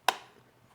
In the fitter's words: it clicks in place.